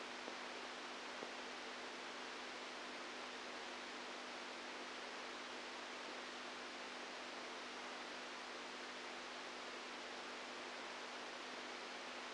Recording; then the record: brain microelectrode recording played as sound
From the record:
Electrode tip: outside the subthalamic nucleus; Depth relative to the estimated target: 4 mm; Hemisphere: right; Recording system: NeuroSet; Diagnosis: Parkinson's disease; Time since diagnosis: 10 years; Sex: female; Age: 67 years